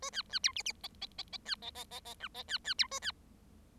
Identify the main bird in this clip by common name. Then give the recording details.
Bengalese Finch. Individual Bird7